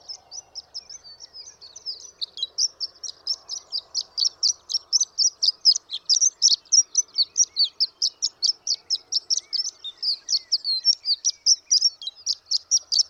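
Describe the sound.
Horned lark singing: sputtering high twitters begin softly, then swell into a fast, steady stream of bright tinkling notes.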